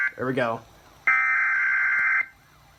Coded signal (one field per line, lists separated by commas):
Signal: Emergency Alert System (SAME) tones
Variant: header bursts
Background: speech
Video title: EAS 140 SVR